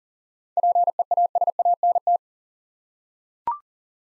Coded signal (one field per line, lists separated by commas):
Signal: Morse code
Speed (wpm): 40 wpm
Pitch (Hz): 700 Hz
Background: none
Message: PEASANT